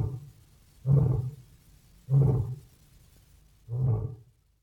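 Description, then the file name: Lion, three low, hoarse roars spaced one to two seconds apart. "Golosa ptic i zverei - Lev"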